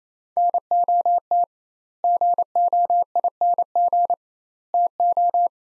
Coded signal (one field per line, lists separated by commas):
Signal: Morse code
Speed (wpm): 27 wpm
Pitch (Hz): 700 Hz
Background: none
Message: NOT GOING TO